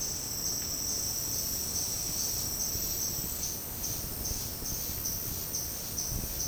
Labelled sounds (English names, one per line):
none